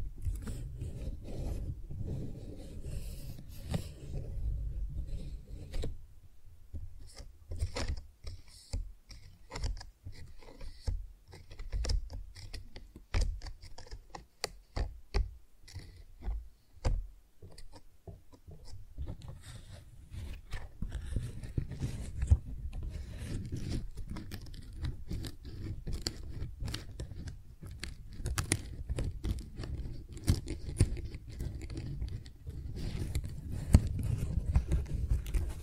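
Flowers being handled for tingly sounds: soft crinkles, rubs and scratchy rasps. A low, muffled rumble fills the first few seconds, then quick sharp crackles and taps scatter irregularly, thickening after about twenty seconds into a steadier, denser rustle.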